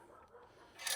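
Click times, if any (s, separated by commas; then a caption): 0.9 s. Steel legs are raised on a GlowitLian 6 ft folding table with a plastic top, with quiet rubbing and scraping from the moving leg. A single sharp, bright hit lands at 0.9 s as the steel folding leg reaches upright and locks into place in the table frame.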